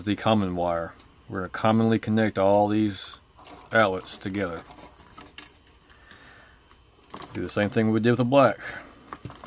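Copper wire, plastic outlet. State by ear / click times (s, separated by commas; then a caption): not seated / none. Someone talks while a stripped solid copper common wire is handled at the push-in terminal on the back of an electrical receptacle. A few faint ticks and taps come between the speech and near the end. Nothing has seated or clicked yet: the wire is not yet locked in.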